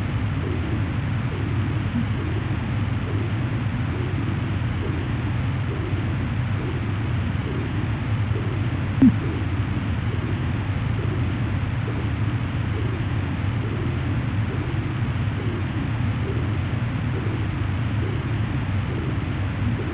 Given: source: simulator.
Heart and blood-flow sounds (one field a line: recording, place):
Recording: transcranial Doppler ultrasound of blood flow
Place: internal carotid artery (ICA)